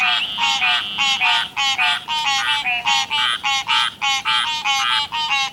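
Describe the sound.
Frog croaks: raspy, harmonic pulsed notes in a rapid, busy series.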